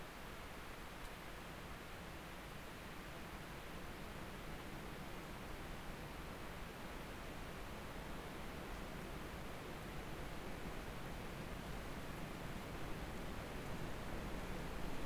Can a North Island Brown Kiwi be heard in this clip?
no